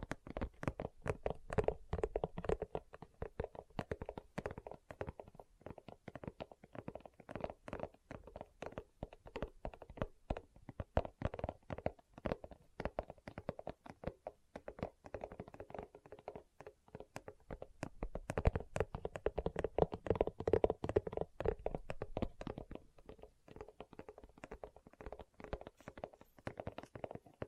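Leather is tapped and scratched in a dense, irregular stream of short dry hits lasting the whole time. The taps come quickly, sometimes in rapid bursts, with a low thudding body and soft scraping between them, growing busier around eighteen to twenty-two seconds.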